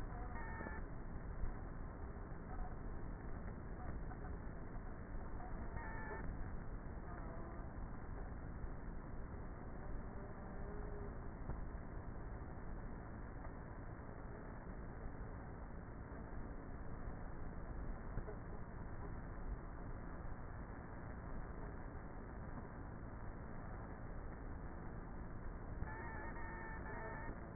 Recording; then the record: honeybee colony, microphone inside the hive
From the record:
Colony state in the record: queenless with a low population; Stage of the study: before two queens were removed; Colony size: about 30,000 bees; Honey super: no